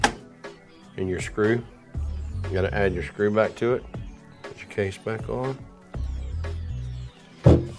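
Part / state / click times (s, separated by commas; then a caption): PCI expansion card into motherboard PCI slot / seated / 0.0 s. A PCI expansion card, lined up with the empty slot, is pushed down into the motherboard PCI slot and snaps into place with a sharp, loud hit at 0.0 seconds. Someone then talks over background music, with a few softer knocks later in the clip. The card is seated.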